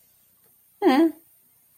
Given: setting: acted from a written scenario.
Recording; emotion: vocal sound without words; neutral